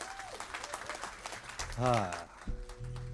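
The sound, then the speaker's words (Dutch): A full audience claps steadily in a dense, crackling wash of applause for a band at a Sunday afternoon jazz concert. A voice briefly rises above it midway, and a sustained low tone joins near the end. “Nou, hartelijk welkom en graag een groot applaus”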